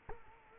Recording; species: mosquito wingbeat signal from an infrared sensor; Culex quinquefasciatus